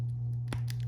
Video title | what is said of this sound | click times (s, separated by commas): NECA TOYS GARGOYLES “ELISA MAZA” ULTIMATE ACTION FIGURE!!! | All right, you can hear it pop on. | 0.5 s, 0.7 s